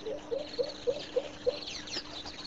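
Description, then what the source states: Coucal song: six low hollow hoots, evenly spaced about every third of a second, over a steady faint hum. Singing near a pond.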